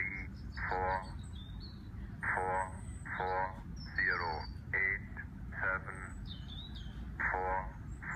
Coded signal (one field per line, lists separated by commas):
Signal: numbers station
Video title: Numbers station on 15615 kHz